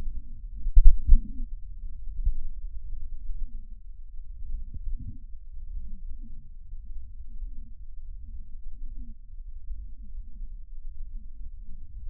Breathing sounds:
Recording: lung sounds by stethoscope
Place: left posterior lower chest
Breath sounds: expiratory wheeze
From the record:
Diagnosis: COPD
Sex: male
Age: 62 years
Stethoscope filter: bell mode, 20 to 200 Hz

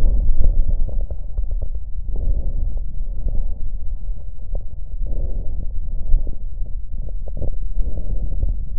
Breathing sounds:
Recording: lung sounds by stethoscope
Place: left posterior lower chest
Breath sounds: crackles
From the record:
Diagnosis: lung fibrosis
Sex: female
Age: 76 years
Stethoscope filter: extended mode, 50 to 500 Hz

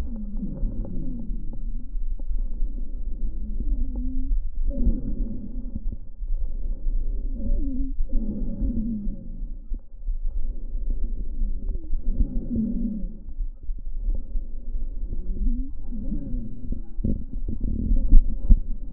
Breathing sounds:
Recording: lung sounds by stethoscope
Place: right anterior upper chest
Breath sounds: expiratory wheeze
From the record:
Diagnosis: asthma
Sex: male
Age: 46 years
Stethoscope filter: diaphragm mode, 100 to 500 Hz

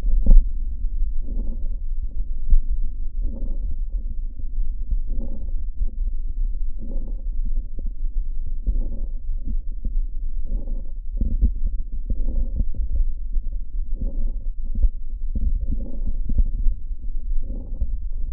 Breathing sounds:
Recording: lung sounds by stethoscope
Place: right posterior lower chest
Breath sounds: crackles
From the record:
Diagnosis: bronchitis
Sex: male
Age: 20 years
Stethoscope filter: diaphragm mode, 100 to 500 Hz

